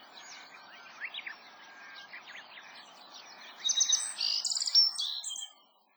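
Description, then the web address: Black-faced bunting song, a rapid jumble of high chirps and buzzy notes that comes late after soft, scattered calls. Recorded at Watarase on 22 April 2008. "koe aoji 080422 watarase hirano"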